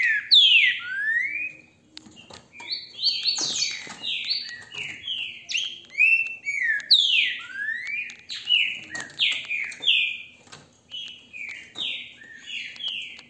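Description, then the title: Green-winged saltator song: rich whistled phrases of descending and rising slurred notes, delivered in rapid bursts with short pauses between phrases. Recorded with a mobile phone held in the hand; song described as beautiful. "GRAVEI COM CELULAR NA MÃO, trinca ferro canto lindo"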